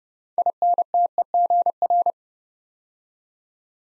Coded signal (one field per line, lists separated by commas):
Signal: Morse code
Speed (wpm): 30 wpm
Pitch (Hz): 700 Hz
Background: none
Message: INTEGR